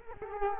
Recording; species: mosquito wingbeat signal from an infrared sensor; Culex quinquefasciatus